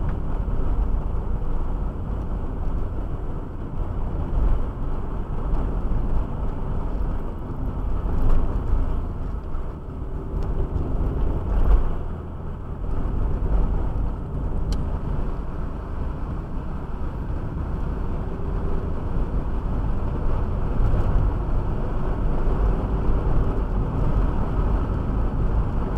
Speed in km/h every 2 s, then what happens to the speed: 48, 50, 52, 52, 46, 47, 50, 46, 42, 47, 53, 58, 59.
0-5 steady at about 50. 5-8 slows to 46. 12-17 slows to 42. 17-26 speeds up to 59.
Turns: none.